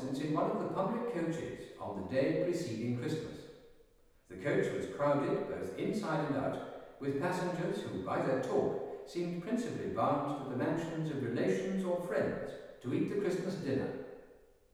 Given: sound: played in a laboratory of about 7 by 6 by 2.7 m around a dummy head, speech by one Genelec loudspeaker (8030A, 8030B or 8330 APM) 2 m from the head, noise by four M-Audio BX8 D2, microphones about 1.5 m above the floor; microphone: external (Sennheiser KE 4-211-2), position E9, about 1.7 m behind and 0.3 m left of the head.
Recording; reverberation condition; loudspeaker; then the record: male speech in English; high; 60 degrees to the left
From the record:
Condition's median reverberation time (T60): about 1300 ms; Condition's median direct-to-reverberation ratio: about -4.0 dB